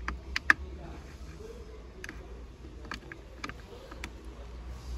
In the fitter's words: encaixei tá então ó para destravar você gira pra frente para travar encaixa e gira para trás